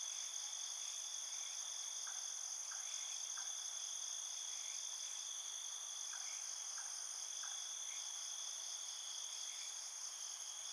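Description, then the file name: Field crickets in a dense, unbroken high ringing chorus, with brief soft pulses now and then in the lower range. Field crickets at night. "Ambience Night Field Cricket"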